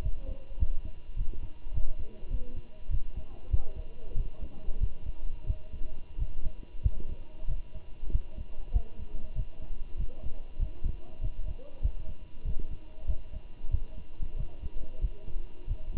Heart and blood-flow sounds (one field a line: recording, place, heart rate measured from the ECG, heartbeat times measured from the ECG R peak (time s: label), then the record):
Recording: heart sounds by stethoscope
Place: between the tricuspid and mitral areas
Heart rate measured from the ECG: 96 bpm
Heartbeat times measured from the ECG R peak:
0.03 s: heartbeat
0.60 s: heartbeat
1.17 s: heartbeat
1.74 s: heartbeat
2.31 s: heartbeat
2.91 s: heartbeat
3.51 s: heartbeat
4.16 s: heartbeat
4.81 s: heartbeat
5.47 s: heartbeat
6.19 s: heartbeat
6.83 s: heartbeat
7.49 s: heartbeat
8.12 s: heartbeat
8.74 s: heartbeat
9.36 s: heartbeat
9.98 s: heartbeat
10.60 s: heartbeat
11.22 s: heartbeat
11.83 s: heartbeat
12.45 s: heartbeat
13.08 s: heartbeat
13.72 s: heartbeat
14.37 s: heartbeat
15.02 s: heartbeat
15.68 s: heartbeat
From the record:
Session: walking at 3.7 km/h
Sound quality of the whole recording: good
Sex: male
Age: 23 years